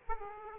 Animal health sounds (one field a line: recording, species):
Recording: mosquito wingbeat signal from an infrared sensor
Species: Aedes aegypti